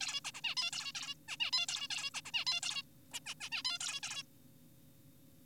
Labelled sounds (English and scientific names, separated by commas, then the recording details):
Zebra Finch (Taeniopygia guttata)
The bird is an adult
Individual g4p5U